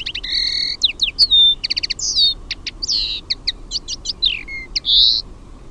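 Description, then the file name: Common linnet song: a quick twittering run of rapid trilled notes, clipped chirps and a few longer notes. "HEMPPO"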